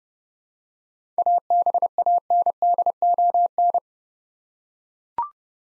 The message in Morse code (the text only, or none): ABANDON